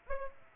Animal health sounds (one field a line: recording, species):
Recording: mosquito wingbeat signal from an infrared sensor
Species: Aedes aegypti